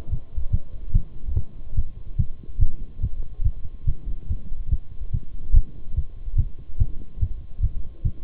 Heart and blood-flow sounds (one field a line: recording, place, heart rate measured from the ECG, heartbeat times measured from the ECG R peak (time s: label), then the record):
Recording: heart sounds by stethoscope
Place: between the tricuspid and mitral areas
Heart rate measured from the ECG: 144 bpm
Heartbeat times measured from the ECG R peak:
0.12 s: heartbeat
0.53 s: heartbeat
0.94 s: heartbeat
1.36 s: heartbeat
1.77 s: heartbeat
2.19 s: heartbeat
2.61 s: heartbeat
3.03 s: heartbeat
3.45 s: heartbeat
3.88 s: heartbeat
4.30 s: heartbeat
4.72 s: heartbeat
5.14 s: heartbeat
5.56 s: heartbeat
5.97 s: heartbeat
6.38 s: heartbeat
6.80 s: heartbeat
7.22 s: heartbeat
7.63 s: heartbeat
8.05 s: heartbeat
From the record:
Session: Bruce protocol treadmill stress test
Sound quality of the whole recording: partially saturated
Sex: male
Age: 23 years